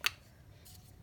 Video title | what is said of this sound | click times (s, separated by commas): JLab JBuds Unboxing - Stylish Earphones under $100 | on and you can hear them just snap right in | 0.1 s